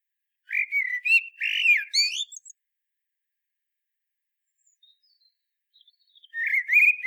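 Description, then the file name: Common blackbird song: a run of rich warbled whistles with high overtones, a quiet gap of several seconds, then another fluted phrase begins. "Turdus merula"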